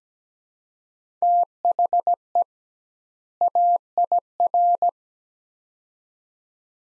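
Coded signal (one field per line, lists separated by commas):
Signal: Morse code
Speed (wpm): 17 wpm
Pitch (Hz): 700 Hz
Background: none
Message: THE AIR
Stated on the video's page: Morse practice drill of two-word sets at 17 wpm with double word spacing, a word-based approach analogous to Farnsworth.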